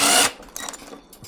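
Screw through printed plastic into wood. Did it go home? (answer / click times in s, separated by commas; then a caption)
no / 0.6 s, 0.7 s. A power driver drives a screw through a 3D-printed plastic part into a wooden bench top, with a loud broadband whir for the first quarter second that then drops away. Sharp clicks follow at about 0.6 s and 0.7 s, then fainter bumps near the end. The driver went too fast and the screw stripped in the plastic.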